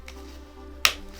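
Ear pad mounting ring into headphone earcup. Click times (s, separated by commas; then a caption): 0.1 s, 0.9 s. A plastic ear pad mounting ring on a Bose QuietComfort QC35, QC35 II or QC45 headphone earcup is pushed down onto the earcup's retaining tabs and seats. A faint click comes at 0.1 s and a sharp, loud snap at 0.9 s as it pops into place over a low steady hum.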